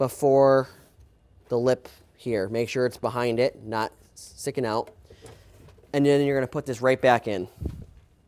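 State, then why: Not seated. A plastic ribbon cartridge is being handled and readied to go back into a printer while someone talks throughout. A faint short sound comes at about 5.3 s, but nothing has seated or clicked yet; the clip ends before the cartridge snaps home.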